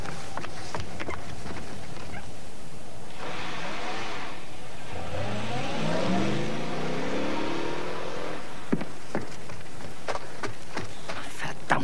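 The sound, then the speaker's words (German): An engine turns over and catches, then revs up with rising harmonic sweeps as the car pulls away and the sound fades, framed by a few sharp clicks and knocks. “Fahren wir nach, Chef, bevor wir Sie ganz aus den Augen verlieren.”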